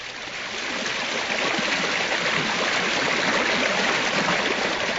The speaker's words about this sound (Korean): 물이 작게 흐르는 개울. 그 한가운데 모래섬이 있었습니다.